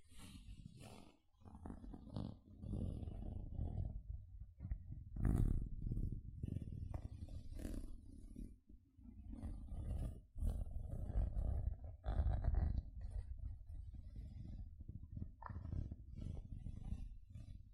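Gentle scratching goes on almost without pause, a dense low rustle and rub with short brighter scrapes cutting through now and then. Stronger strokes land around five, ten and twelve seconds, and the sound drops away briefly near one, four and eight seconds.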